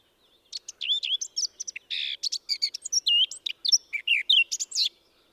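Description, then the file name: Eurasian blackcap song: a rapid, varied warble of scratchy clicks and short fluty, twisting notes, delivered continuously for about four and a half seconds. "Sylvia atricapilla"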